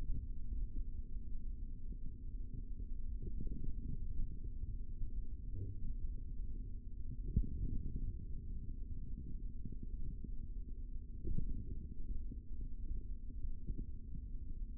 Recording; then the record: forearm muscle sounds (acoustic myography)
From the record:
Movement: finger pinch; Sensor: system 3, bracelet of six PUI Audio POM-2738L microphones around the upper forearm, with dedicated amplification and filtering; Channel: 6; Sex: male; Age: 25 years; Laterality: right